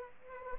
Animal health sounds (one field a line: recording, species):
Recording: mosquito wingbeat signal from an infrared sensor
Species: Aedes aegypti